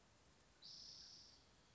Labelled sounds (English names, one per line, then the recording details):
Spotted Towhee
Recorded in Sonoma County, California